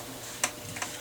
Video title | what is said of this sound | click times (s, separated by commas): How to remove front door panels on a 2022 Ford Escape | Pop that out and then pull it out. | 0.4 s